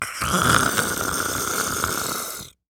Human Male Snore Through Nose Short.